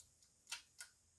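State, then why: Seated. A trumpet piston valve, lined up by its number with the mouthpiece, is lowered into the valve casing until its metal valve guide clicks into its slot. A sharp, bright click sounds at 0.5 s, followed by a second, softer click at about 0.8 s, with a faint tick at the very start. The valve is seated.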